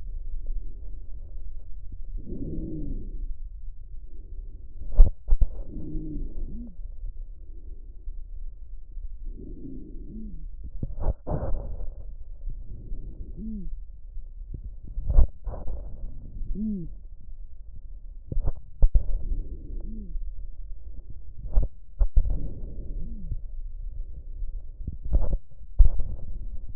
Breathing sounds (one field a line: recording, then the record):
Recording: lung sounds by stethoscope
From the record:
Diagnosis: chronic bronchitis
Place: left posterior upper chest